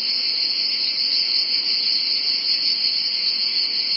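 Cicada chorus: a loud, even, high electric-sounding drone with a lower buzzing layer, unchanging throughout.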